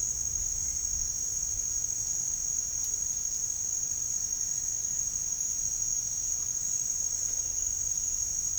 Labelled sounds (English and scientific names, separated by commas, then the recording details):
none
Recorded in dense forest near Puerto Asís, Putumayo, Colombia, on 4 March 2025 at 17:00
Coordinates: 0.484, -76.325
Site G045